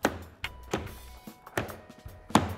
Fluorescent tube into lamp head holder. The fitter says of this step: you get them all lined up and then you just snap them down you just click into place like so